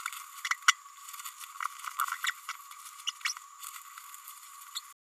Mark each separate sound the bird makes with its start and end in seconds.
0.44-0.49, 0.68-0.74, 2.26-2.31, 3.06-3.10